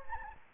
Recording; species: mosquito wingbeat signal from an infrared sensor; Anopheles gambiae